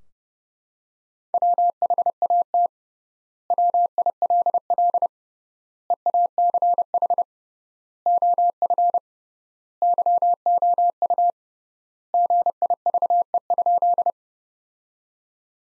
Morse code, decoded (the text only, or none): WHAT WILL EACH OF YOU GIVE?